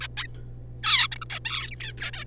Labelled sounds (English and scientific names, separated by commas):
Zebra Finch (Taeniopygia guttata)